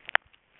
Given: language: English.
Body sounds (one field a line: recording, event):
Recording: throat vibration sensor signal played as sound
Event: swallow